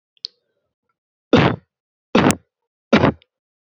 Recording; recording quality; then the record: shallow voluntary cough; excellent, no background noise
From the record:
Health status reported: healthy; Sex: male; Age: 22 years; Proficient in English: yes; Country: Canada